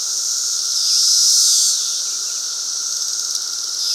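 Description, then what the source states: Periodical cicada chorus: continuous loud droning and high sizzling hiss, rising briefly in the middle before settling back. Cicada chorus during the 2024 emergence at Fox Ridge Bluff, recorded at 3:52 PM on Memorial Day 2024.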